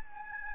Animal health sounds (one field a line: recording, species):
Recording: mosquito wingbeat signal from an infrared sensor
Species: Aedes albopictus